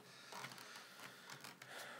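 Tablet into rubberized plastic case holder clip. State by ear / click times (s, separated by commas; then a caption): not seated / none. An iPad Mini is fitted a second time into the rubberized plastic holder clip of an Anker iPad Mini case, one side set in first and the other side then pushed in. Soft handling rustle and scraping carry throughout, with brief plastic knocks near 0.6 s, 1.5 s and a sharp tick at 1.6 s. Nothing has seated or snapped into place yet when the clip ends.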